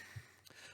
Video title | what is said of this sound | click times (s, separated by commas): 12 09 2024 Monday Morning Mailbag | to close it up here can you hear that a snap right there and what here | 0.5 s